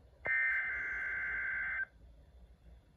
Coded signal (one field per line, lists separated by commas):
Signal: Emergency Alert System (SAME) tones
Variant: header bursts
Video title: Winter Storm Warnings from March 2nd (EAS 85-86)